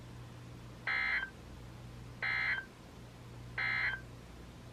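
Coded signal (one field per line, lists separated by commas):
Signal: Emergency Alert System (SAME) tones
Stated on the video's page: Marine warnings received on weather radios.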